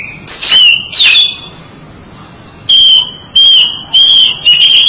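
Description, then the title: Oriental magpie-robin song: two sharp downslurred whistles, a pause, then a run of clear level whistled notes near the same pitch, sometimes stepping slightly lower. "Suara Kicauan Burung Kacer Durasi Panjang"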